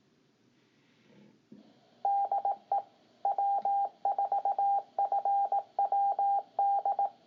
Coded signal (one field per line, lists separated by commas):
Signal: Morse code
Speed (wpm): 18 wpm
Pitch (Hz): 800 Hz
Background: none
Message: DE W4FWD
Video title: West Georgia Amateur Radio Society Weekly Net - 6/19/2017